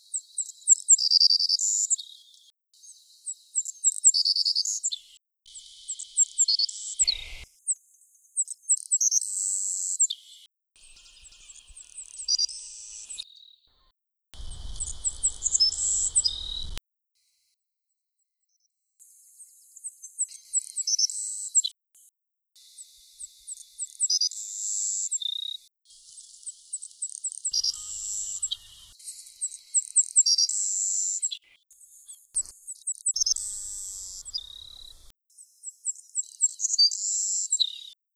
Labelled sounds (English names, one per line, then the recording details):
Savannah Sparrow song
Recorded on Kent Island, New Brunswick, in 2012